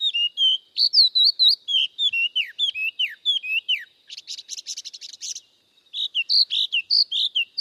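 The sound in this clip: Spot-throated babbler singing a rapid run of clear, high whistled notes, slurred up and down, with a brief burst of buzzy rattling in the middle before the whistles resume.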